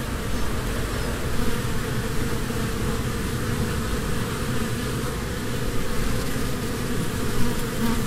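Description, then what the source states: Honey bees in a swarm give a constant low droning hum, even in level from start to finish. Humming of a swarm from a beehive.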